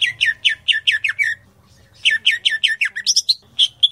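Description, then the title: Grey-cheeked bulbul singing fast bursts of bright, downslurred chirps, in two runs separated by a brief pause. "Kicau Burung Cucak Jenggot"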